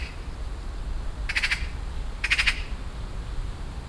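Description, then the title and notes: Eurasian magpie giving two brief, harsh rattling chatters about a second apart, with a constant low background rumble. Magpie in a tree in a garden, loudly signalling; wind rustling birch trees; Weiden, Rilkestrasse, Cologne, Refrath; nearfield recording. "cologne, weiden, rilkestrasse, elster. Refrath. elster in baum in einem garten, laut signal gebend, ein pkw fährt vorbei, das rauschen des windes in den birkenbäumen soundmap nrw"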